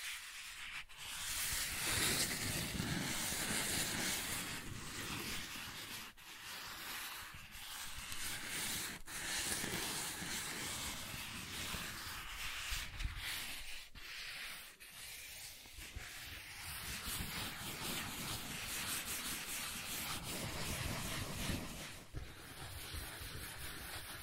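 Soft tracing across smooth and rough surfaces, a continuous dry rubbing and scratching that keeps a fairly even level throughout. The texture shifts every few seconds, with brief gaps near 1, 6, 9, 13 and 22 seconds where strokes change direction or restart.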